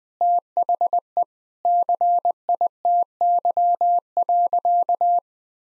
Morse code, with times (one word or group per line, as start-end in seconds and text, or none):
0.2-1.2 THE
1.7-5.2 CITY.